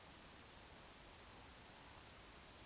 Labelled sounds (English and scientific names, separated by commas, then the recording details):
Eurasian Woodcock (Scolopax rusticola) whistle, Eurasian Woodcock (Scolopax rusticola) croak
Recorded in Baden-Württemberg, Germany, on 19 June 2020 at 20:05 UTC
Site 49006, 684 m above sea level